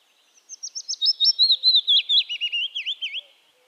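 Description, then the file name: Willow warbler delivering a sweet, liquid phrase of quick whistled notes that slide steadily lower in pitch, ending in a few downslurs. Subspecies acredula. "Phylloscopus trochilus acredula"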